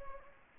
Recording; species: mosquito wingbeat signal from an infrared sensor; Anopheles gambiae